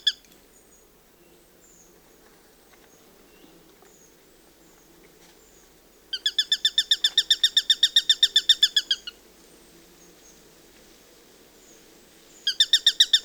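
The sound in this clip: Eurasian sparrowhawk giving a rapid, even kek-kek-kek chatter of sharp, harmonic notes in two bursts after several seconds of near silence.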